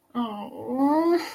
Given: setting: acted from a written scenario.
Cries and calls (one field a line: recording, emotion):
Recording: vocal sound without words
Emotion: sympathy